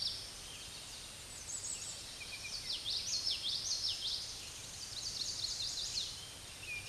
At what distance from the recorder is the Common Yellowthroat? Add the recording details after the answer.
about 35 m. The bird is about 20 m above the microphone. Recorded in a Pennsylvania forest on 16 May 2024 at 06:41. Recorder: AudioMoth, point MSD-2304. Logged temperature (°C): 16.0 °C. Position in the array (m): 239 m, 174 m